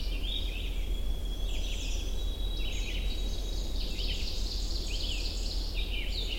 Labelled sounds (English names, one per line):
Ovenbird song